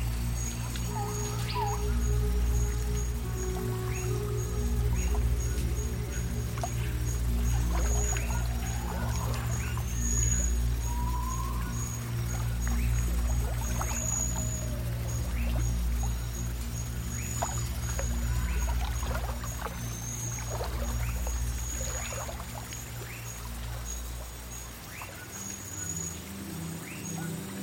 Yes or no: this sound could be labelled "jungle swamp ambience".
yes